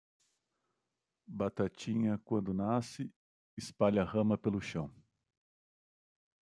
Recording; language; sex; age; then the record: short text; Brazilian Portuguese; male; 40 to 49 years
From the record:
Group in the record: control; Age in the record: 48 years